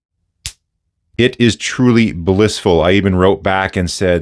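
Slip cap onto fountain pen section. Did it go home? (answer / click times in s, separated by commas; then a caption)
yes / 0.5 s. A brass slip cap is snapped onto the section of an andhand Method fountain pen close to the microphone, giving a single sharp snap at 0.5 s as it seats. Someone then talks.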